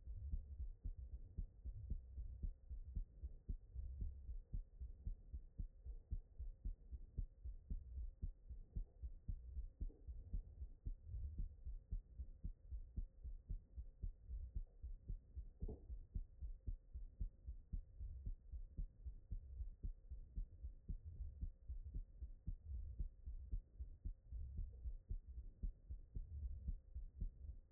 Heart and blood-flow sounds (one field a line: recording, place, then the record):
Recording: heart sounds by stethoscope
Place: tricuspid valve (TV)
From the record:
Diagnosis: non-HFrEF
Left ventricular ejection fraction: 57%